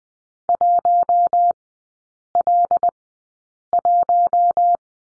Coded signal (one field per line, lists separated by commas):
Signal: Morse code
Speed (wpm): 20 wpm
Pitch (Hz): 700 Hz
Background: none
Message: 1L1